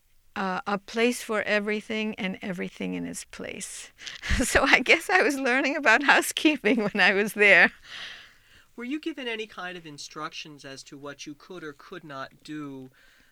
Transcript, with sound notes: "A place for everything and everything in its place." (she laughs) So I guess I was learning about housekeeping when I was there.
Were you given any kind of instructions as to what you could or could not do,